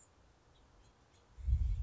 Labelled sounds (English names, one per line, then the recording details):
House Finch
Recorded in Sonoma County, California